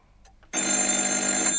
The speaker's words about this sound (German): Ich verließ die Wohnung und ging zurück in mein Büro. Das Telefon klingelte.